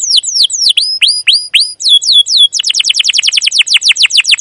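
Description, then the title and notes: Canary song: a run of high descending whistled sweeps, then a quicker, denser trill of repeated falling notes. Canary recording used as a lure to train young canaries to learn to sing; song described as long, energetic 'cuit cuit' chirping with rolling phrases. "CUIT CUIT NGEROL LANGSUNG GACOR PANJANG Kenari Ini AMPUH Utk Pancingan KENAR. PANCINGAN Kenari GACOR PANJANG Cuit CUIT EMOSI ini AMPUH utk MASTERAN Kenari PAUD belajar BUNYI. burung kenari"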